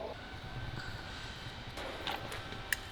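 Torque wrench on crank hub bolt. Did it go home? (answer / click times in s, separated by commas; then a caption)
no / none. A torque wrench is pulled on the crank hub bolt of a McLaren engine that has been removed, as a precautionary check of the crank hub torque spec. Over a steady low rumble, a short burst at 2.1 s and a brief sharp tick at 2.7 s are heard. The wrench has not clicked at its setting, so the bolt has not yet reached its torque.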